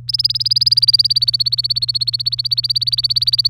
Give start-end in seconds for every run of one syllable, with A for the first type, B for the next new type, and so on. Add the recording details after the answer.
0.08-3.49 A. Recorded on 24 April 2018 at 06:05. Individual llb3